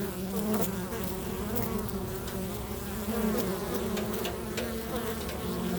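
Bee buzzing: a thick continuous drone of many insects, pitch wavering slightly as individual hums rise and fade, with occasional soft ticks.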